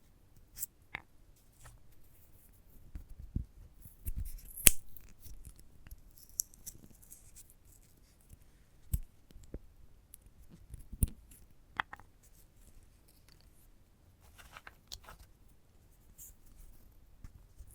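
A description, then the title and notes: Handling and tapping a sunflower head, with scattered sharp clicks and crisp snaps over a soft, low rustling bed. The snaps come irregularly, a few per second at times, with louder ones near 4.5, 9 and 11 seconds, and some bright scratchy crackles between them. ASMR of a Sunflower Head (No Talking).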